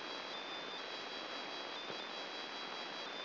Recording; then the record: brain microelectrode recording played as sound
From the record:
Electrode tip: inside the subthalamic nucleus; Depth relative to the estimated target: 3 mm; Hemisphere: left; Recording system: AlphaMap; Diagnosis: Parkinson's disease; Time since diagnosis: 11 years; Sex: male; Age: 50 years